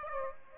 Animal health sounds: mosquito wingbeat signal from an infrared sensor; Aedes aegypti

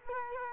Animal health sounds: mosquito wingbeat signal from an infrared sensor; Culex quinquefasciatus

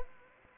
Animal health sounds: mosquito wingbeat signal from an infrared sensor; Anopheles arabiensis

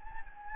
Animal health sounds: mosquito wingbeat signal from an infrared sensor; Anopheles gambiae

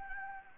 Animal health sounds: mosquito wingbeat signal from an infrared sensor; Anopheles gambiae

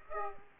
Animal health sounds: mosquito wingbeat signal from an infrared sensor; Aedes aegypti

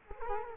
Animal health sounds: mosquito wingbeat signal from an infrared sensor; Culex quinquefasciatus

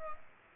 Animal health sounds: mosquito wingbeat signal from an infrared sensor; Culex pipiens

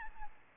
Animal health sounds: mosquito wingbeat signal from an infrared sensor; Aedes albopictus

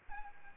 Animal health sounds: mosquito wingbeat signal from an infrared sensor; Aedes albopictus

